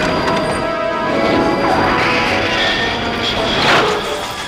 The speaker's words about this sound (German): Aber es ist zu spät. Schon zerschellen sie an Sortys dickem, eisernen Prallschutz.